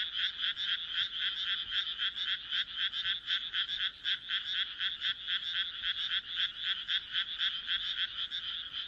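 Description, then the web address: Frogs calling in quick, evenly spaced rasping croaks, close to four a second, forming a steady pulsing chorus. "kaeru kaeru"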